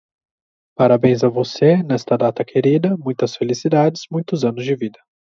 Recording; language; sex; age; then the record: short text; Brazilian Portuguese; male; 20 to 29 years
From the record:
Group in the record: control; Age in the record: 25 years